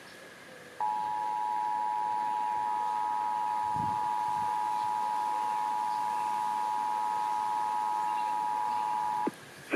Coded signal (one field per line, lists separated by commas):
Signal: Emergency Alert System (SAME) tones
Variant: 853 and 960 Hz attention tone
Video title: [EAS #71-75] San Francisco's May RMT's